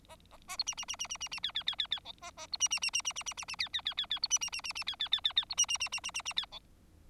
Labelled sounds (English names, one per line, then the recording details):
Bengalese Finch song
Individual Bird4